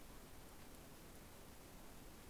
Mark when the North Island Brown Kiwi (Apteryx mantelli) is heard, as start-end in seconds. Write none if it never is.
none